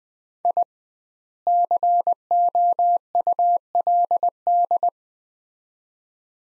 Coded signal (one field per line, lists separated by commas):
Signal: Morse code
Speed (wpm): 21 wpm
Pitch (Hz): 700 Hz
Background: none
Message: I COULD